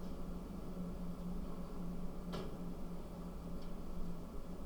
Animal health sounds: poultry house recording; no chicken sound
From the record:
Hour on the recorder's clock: 21

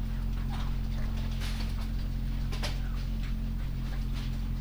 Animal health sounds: poultry house recording; sick chickens (respiratory disease)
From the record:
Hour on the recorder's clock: 21

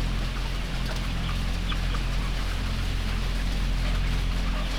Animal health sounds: poultry house recording; healthy chickens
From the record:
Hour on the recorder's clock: 19

